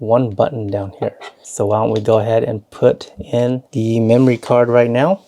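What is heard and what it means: Someone talks while handling a microSD memory card to push it into the top slot of a BOTSLAB 4-channel 3K dash cam. Only speech is heard, with no distinct click. The card has not seated or clicked into place yet by the end of the clip.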